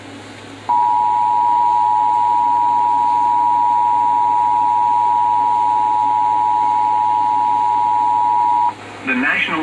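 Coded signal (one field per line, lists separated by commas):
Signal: Emergency Alert System (SAME) tones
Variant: 853 and 960 Hz attention tone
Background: speech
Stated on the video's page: Tornado warning aired on NJPBS.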